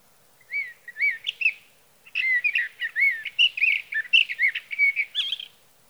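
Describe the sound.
Sage thrasher song opening with a few separate slurred notes, then after a short pause breaking into a fast continuous warble.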